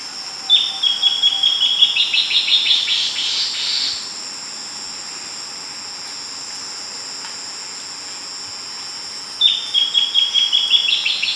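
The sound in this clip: Bird giving rapid runs of high chirps, one lasting about three seconds and another starting near the end, over a steady high-pitched whine.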